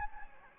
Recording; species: mosquito wingbeat signal from an infrared sensor; Anopheles gambiae